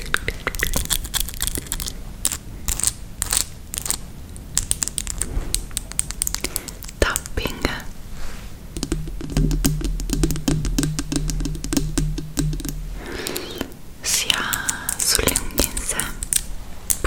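ASMR with very long fingernails: dense, rapid tapping and clicking runs the whole time, bright and crisp like fast typing, with brief scratchy bursts. From about nine to thirteen seconds a low steady hum sits underneath the taps.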